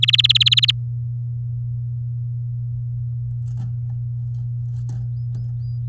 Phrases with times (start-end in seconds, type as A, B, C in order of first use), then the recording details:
0.02-0.71 A. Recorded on 8 May 2018 at 10:31. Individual llb16